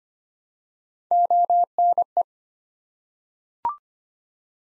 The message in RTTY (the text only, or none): none